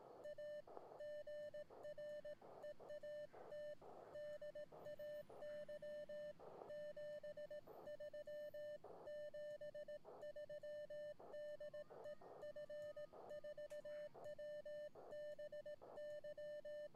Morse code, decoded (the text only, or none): A GREAT DAY 73 73 DE F4WBY